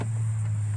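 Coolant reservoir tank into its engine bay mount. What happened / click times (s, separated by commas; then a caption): The part is being handled but has not clicked into place yet / none. A plastic coolant reservoir tank on a 2010-2014 Subaru Outback is handled near its engine bay mount after a radiator replacement, ready to be pushed back into place. A steady low hum runs through the clip, with only a brief faint tick at the very start. The tank has not clicked into its mount yet; nothing has seated.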